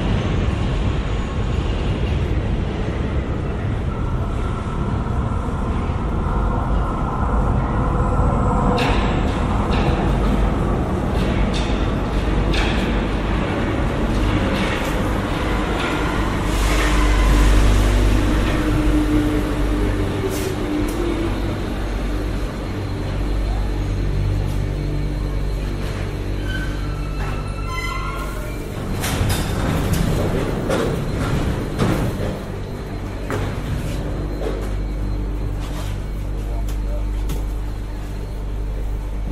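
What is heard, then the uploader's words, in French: A Paris metro ride, full of a dense, steady low rumble and rattle from the train throughout. Metallic squeals and clanks cut through now and then, with a swell of noise around seventeen seconds and again near thirty. Faint voices sit underneath. Métro parisien.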